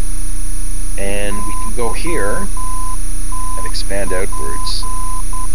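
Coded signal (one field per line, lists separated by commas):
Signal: Morse code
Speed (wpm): 10 wpm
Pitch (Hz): 1020 Hz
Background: speech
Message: YTP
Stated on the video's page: Morse ident of a local DVOR aircraft navigation station in the 108–118 MHz VHF band, received at home.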